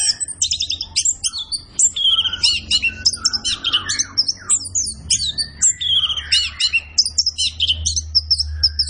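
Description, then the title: Orange-headed thrush singing quick, varied high phrases of chirps and slurred whistles, repeated in short bursts over a low background hum. Kept songbird singing gacor (vigorously and continuously), used as masteran to train other birds in Indonesian songbird keeping (kicau mania). "Anis Kembang Gacor. Kicau Mania Masteran Anis Kembang"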